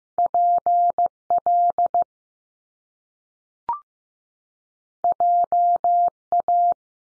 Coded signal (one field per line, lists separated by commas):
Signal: Morse code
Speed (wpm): 15 wpm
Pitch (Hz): 700 Hz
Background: none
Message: P L J A